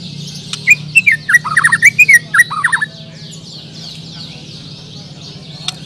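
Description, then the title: Bird song: a quick run of sharp, sweeping chirps in the first three seconds, then quiet, over a steady high shimmering chorus and a low hum. "Kicau Burung"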